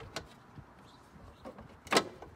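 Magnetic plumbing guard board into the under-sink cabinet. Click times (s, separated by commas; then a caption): 2.2 s. A magnetic board that protects the plumbing under the sink of a Vistabule teardrop trailer is slid into the under-sink cabinet. A sharp tap is heard near 0.2 s, then softer knocks and a loud thump just before 2.0 s. The board clicks into place and seats at 2.2 s.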